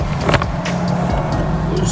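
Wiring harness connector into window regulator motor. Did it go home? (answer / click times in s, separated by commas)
yes / 0.3 s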